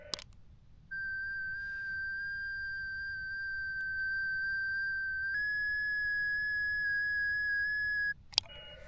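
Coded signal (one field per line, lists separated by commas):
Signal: FT8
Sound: a steady single whistle-like tone about seven seconds, faintly wavering in pitch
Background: quiet room hiss, clicks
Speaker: So let's do that again. 5 seconds. 4, 3, 2, 1. Right. Oh, did you hear that? So it's actually now just sent me the message has actually come through. A predefined message. Now you can't read it. It just says test email.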